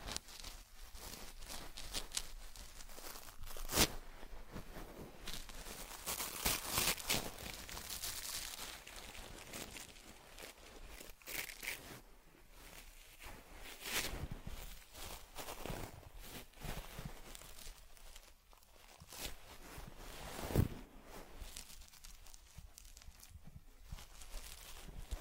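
Soft brushing, rubbing and combing sounds on a teddy bear, with crinkly scratchy strokes running nearly nonstop. Sharper bright swipes stand out around 4, 7, 14 and 20 seconds, and the level rises and falls with each pass but never goes quiet.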